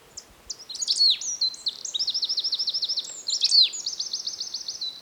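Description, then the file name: Marsh tit calls: a few sharp notes leading into rapid, regular series of chirps, repeated in quick runs over several seconds. "Poecile palustris"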